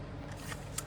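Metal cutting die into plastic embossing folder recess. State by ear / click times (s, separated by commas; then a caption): seated / 0.8 s. A thin metal butterfly cutting die is pressed into its matching recess in a plastic hybrid embossing folder, with soft rustling over a steady low hum. A single short, sharp click at 0.8 s marks the die locking into place.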